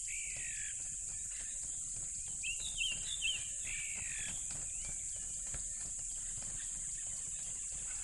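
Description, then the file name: Crickets in a constant high shrill, with a few quick bird whistles and warbled notes near the start and middle. Loud crickets by a tropical river. "smartsound ATMO NATURE Tropical River Loud Crickets"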